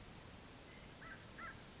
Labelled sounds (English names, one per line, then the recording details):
American Crow
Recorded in Sonoma County, California